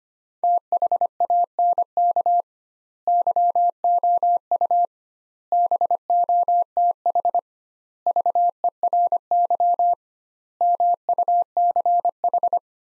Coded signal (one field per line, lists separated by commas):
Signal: Morse code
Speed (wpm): 25 wpm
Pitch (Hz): 700 Hz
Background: none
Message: THANK YOU BOTH VERY MUCH